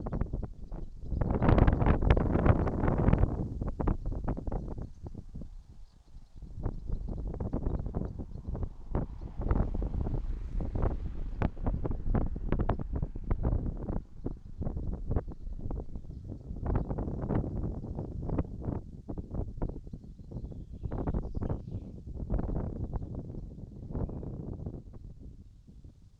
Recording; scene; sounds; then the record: everyday scene through a hearing-aid microphone; wind on the microphone; wind, traffic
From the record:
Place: in front of a rural house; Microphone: in the ear canal, right